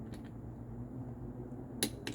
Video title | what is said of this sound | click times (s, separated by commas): Working on the transmission still! | until you hear a click | 1.8 s